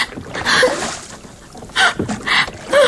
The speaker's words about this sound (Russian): несколькими ударами весел Нок вывел лодку на середину реки и стал грести быстрее